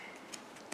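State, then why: Seated. A plastic safety latch washer is pushed further along the dome-shaped plastic safety eye post of a crocheted toy. Two small sharp ticks are heard at 0.3 s and 0.7 s over a steady low background, and the latch seats and is secure.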